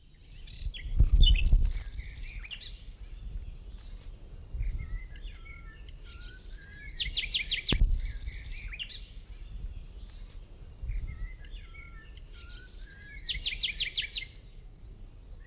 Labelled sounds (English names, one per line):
Common Nightingale song